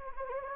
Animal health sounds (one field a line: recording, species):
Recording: mosquito wingbeat signal from an infrared sensor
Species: Anopheles gambiae